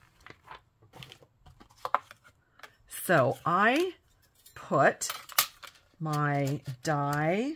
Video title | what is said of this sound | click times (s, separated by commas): A Background Technique I Did Not Know! Baby wipes, ink refills & watercolor paper | over here it kind of see it kind of Clicks in place like it's not moving | 1.9 s